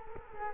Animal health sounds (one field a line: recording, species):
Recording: mosquito wingbeat signal from an infrared sensor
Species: Culex quinquefasciatus